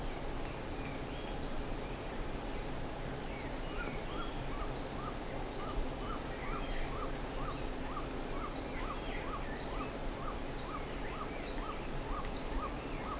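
Bird calls: faint, even notes repeated roughly twice a second after the first few seconds, with occasional high chirps over steady hissing background noise.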